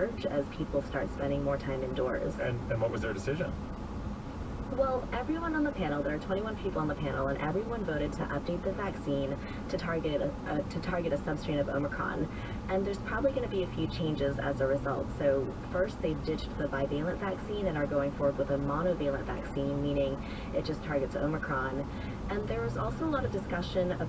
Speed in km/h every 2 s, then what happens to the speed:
0, 0, 0, 0, 0, 0, 0, 0, 0, 0, 0, 0.
0-24 standing.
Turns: none.